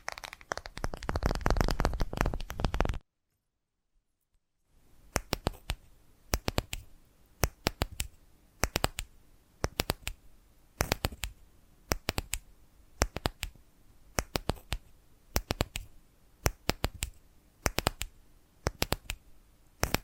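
Invisible tapping and scratching: the first three seconds are a dense, rough scratching, then near silence until about five seconds. After that come sharp, crisp taps, often in quick pairs or clusters, spaced irregularly over a soft, faint hiss.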